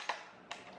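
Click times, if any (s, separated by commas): none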